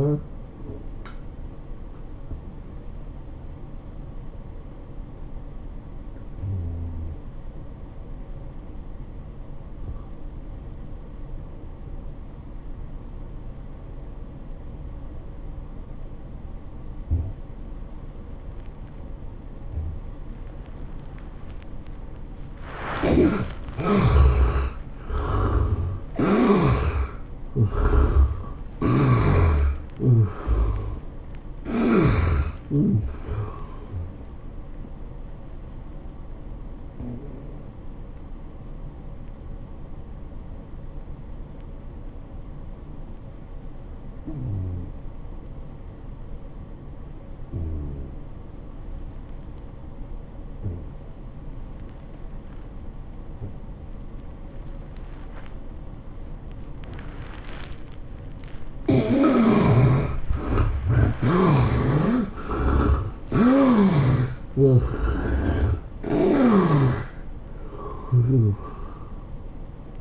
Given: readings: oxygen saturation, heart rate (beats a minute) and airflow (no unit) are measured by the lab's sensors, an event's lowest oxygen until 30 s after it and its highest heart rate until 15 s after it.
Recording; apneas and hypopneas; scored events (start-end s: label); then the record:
breathing in sleep by a smartphone at the bedside; 2
6.00-23.80 s: obstructive apnea (N1, oxygen 87% highest, then 74% lowest, heart rate 88 at the start, 107 highest)
36.00-59.60 s: obstructive apnea (N1, oxygen 96% highest, then 73% lowest, heart rate 100 at the start, 107 highest)
37.00-67.00 s: new sleep stage, N2 (light sleep)
67.00-70.01 s: new sleep stage, N1 (lightest sleep)
From the record:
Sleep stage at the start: N1 (lightest sleep); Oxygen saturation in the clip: 72 to 96%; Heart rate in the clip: 83 to 108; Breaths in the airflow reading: 8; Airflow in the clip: -15.0 to 12.3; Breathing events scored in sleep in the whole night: 403 in 5.5 hours asleep